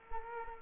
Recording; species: mosquito wingbeat signal from an infrared sensor; Culex quinquefasciatus